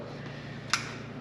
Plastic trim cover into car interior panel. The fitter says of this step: this snaps in place like so